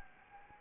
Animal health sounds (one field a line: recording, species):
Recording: mosquito wingbeat signal from an infrared sensor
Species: Anopheles arabiensis